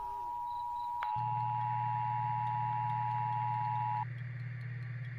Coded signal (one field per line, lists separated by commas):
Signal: Emergency Alert System (SAME) tones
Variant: 853 and 960 Hz attention tone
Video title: EAS Scenario - Sonic the Hedgehog 😱